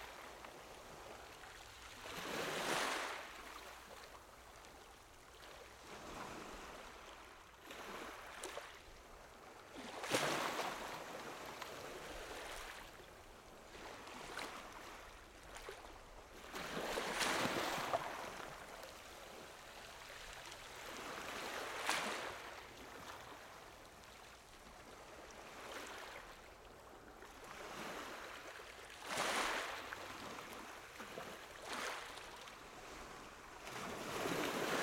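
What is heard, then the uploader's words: Ocean waves roll in at an unhurried pace, each one swelling into a bright, hissing rush of surf about every five to seven seconds before easing back. Between the breakers a softer fizzing wash carries on, over a faint low rumble. 5 minutes of soothing ocean sounds while you write.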